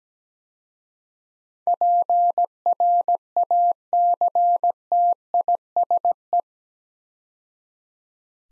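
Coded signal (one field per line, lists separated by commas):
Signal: Morse code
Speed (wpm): 17 wpm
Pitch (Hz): 700 Hz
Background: none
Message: PRACTISE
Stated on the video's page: Morse practice drill of 8-letter words at 17 wpm for head-copy training, each word sent twice.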